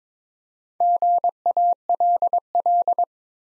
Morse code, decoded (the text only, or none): GALL